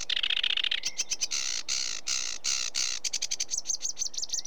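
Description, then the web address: Sedge warbler song: a harsh buzzy churr opening into fast, varied chattering phrases and grating notes, ending in a quick series of slurred whistled notes. "BBC Sound Effects Library. Sedge Warbler"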